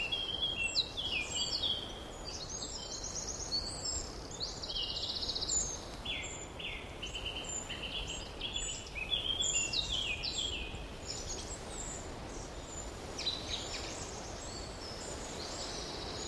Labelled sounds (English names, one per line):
Eurasian Blackcap song